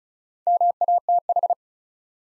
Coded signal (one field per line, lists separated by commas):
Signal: Morse code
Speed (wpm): 36 wpm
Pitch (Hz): 700 Hz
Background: none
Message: MATH